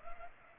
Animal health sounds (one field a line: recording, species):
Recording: mosquito wingbeat signal from an infrared sensor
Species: Culex pipiens